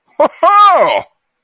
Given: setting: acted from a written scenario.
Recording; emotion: vocal sound without words; positive surprise